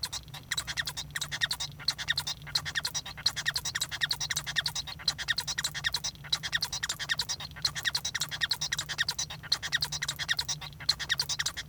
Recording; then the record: song of a male Bengalese finch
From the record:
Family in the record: son of father 1